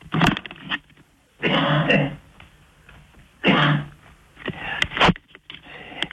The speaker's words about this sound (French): Bon, vous videz la gorge déjà, parce que j'ai entendu que vous avez beaucoup toussé, pour avoir une voix claire, hein.